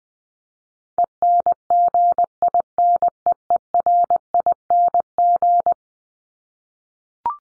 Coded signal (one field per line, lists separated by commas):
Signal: Morse code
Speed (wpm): 20 wpm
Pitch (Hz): 700 Hz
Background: none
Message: ENGINEERING